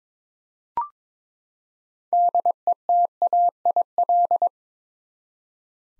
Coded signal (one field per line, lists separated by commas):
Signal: Morse code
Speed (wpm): 22 wpm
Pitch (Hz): 700 Hz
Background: none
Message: DETAIL